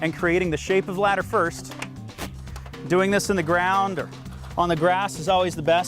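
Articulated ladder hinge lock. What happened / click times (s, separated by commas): Parts handled, nothing seated yet / none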